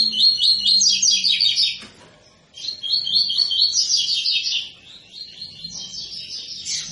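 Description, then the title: Double-collared seedeater song: long rapid trilled phrases of roughly two seconds, repeated after brief pauses. Tui-tui fibra song style, used as a tutor song for teaching young birds. "COLEIRO TUI TUI FIBRA"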